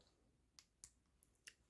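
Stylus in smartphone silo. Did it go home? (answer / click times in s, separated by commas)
released / 0.6 s, 0.8 s, 1.2 s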